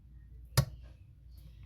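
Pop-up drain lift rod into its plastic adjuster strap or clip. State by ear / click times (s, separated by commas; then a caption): seated / 0.6 s. Under a bathroom sink, a pop-up drain lift rod is pushed into one of the holes in its plastic adjuster strap, which sets the stopper height. It snaps home with a sharp, bright click at 0.6 s, followed by a fainter tap at 1.7 s. The rod is seated in the strap.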